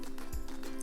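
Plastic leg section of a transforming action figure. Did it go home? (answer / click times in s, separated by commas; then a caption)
no / none. A plastic leg section of a transforming action figure is straightened and handled as it is converted to jet mode, with brief light plastic ticks and contact sounds over background music. The clip ends before the part goes home, and nothing has clicked into place yet.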